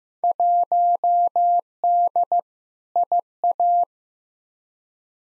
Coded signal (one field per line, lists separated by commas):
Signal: Morse code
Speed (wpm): 15 wpm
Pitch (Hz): 700 Hz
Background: none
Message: 1D IA